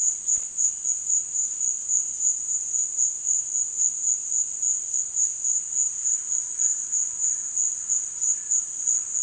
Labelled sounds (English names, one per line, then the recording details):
none
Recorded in dense forest near Puerto Asís, Putumayo, Colombia, on 22 June 2025 at 16:00
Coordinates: 0.466, -76.327
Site GP04